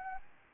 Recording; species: mosquito wingbeat signal from an infrared sensor; Anopheles gambiae